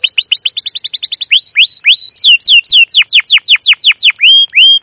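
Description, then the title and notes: Canary song: rapid repeated downslurred chirps, then slower rising whistles and sweeping high notes, all bright and high-pitched. Canary song used as a lure (pancingan, masteran) to train young canaries to sing; described as gacor, long, emotional 'cuit cuit ngerol' chirping. "CUIT CUIT NGEROL LANGSUNG GACOR PANJANG Kenari Ini AMPUH Utk Pancingan KENAR. PANCINGAN Kenari GACOR PANJANG Cuit CUIT EMOSI ini AMPUH utk MASTERAN Kenari PAUD belajar BUNYI. burung kenari"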